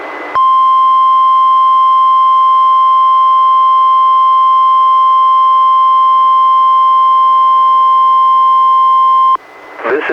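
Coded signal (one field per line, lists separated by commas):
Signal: Emergency Alert System (SAME) tones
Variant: 1050 Hz attention tone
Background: speech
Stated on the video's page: NOAA Weather Radio Required Weekly Tests relayed by a coastal Oregon NWR station, recorded from a Reecom R-1630 weather radio via Zoom H1 recorder.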